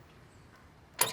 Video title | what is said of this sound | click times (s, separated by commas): BlackBurn Pivot Pro Bike Rack - The Ultimate Ebike Bike Rack | and the rack locks into place, | 1.0 s